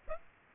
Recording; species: mosquito wingbeat signal from an infrared sensor; Aedes aegypti